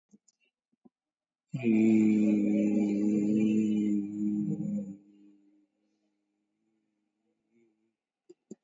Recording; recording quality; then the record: sustained vowel as in beet; excellent, no background noise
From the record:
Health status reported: exposed to COVID-19, no respiratory illness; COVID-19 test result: negative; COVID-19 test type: RT-PCR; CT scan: taken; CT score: 7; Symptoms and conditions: cough, sore throat, fatigue, loss of smell and taste, diabetes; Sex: male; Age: 81 years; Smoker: no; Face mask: worn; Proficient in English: yes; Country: India